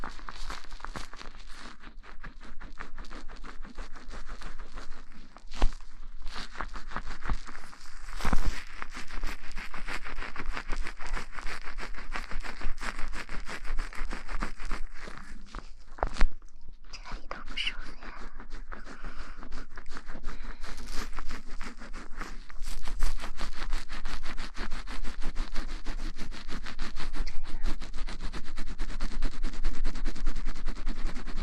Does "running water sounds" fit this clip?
no